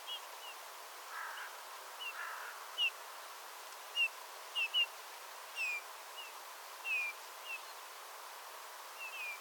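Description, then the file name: Eurasian bullfinch giving soft, short descending piping whistles, several spaced irregularly over about nine seconds, over steady low background hiss. "Pyrrhula pyrrhula"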